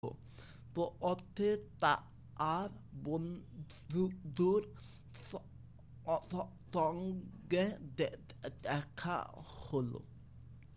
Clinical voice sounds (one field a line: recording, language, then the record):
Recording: elicited speech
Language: Bengali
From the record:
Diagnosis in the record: Broca's or global aphasia after a stroke